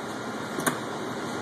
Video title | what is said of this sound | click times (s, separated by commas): LCB Chef Frerichs Pastie Dough day 2 CF3B .3gp | Click it in, and it goes. | 0.7 s